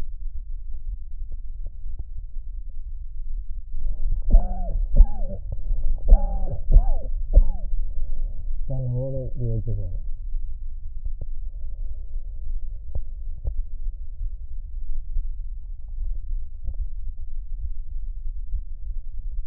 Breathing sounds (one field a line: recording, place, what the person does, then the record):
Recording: lung sounds by stethoscope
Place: left anterior apical chest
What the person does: quiet breathing, then cough and speech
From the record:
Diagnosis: COPD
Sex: male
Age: 77 years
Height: 172 cm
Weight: 94 kg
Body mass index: 31.8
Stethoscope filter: extended mode